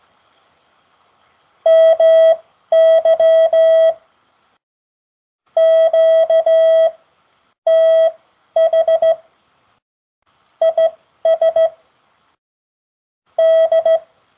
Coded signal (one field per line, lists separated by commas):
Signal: Morse code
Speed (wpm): 16 wpm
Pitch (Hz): 650 Hz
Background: none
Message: MY QTH IS D